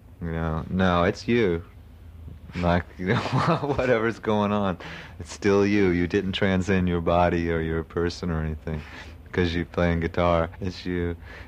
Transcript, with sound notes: You know, no, it's you, like, you know [laughs] whatever's going on, it's still you, you didn't transcend your body or your person or anything 'cause you're playing guitar, it's you.